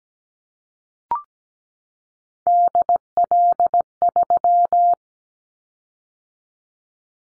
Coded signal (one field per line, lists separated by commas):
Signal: Morse code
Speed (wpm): 17 wpm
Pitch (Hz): 700 Hz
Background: none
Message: DL3